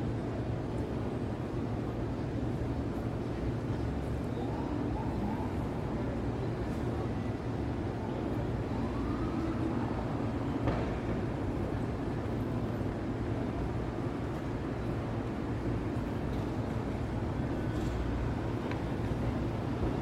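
A steady city traffic roar fills the whole twenty seconds, heavy in the low end and evenly loud throughout. Faint rising and falling tones drift through around five and ten seconds, possibly a distant siren or horn, with a few small clicks scattered across.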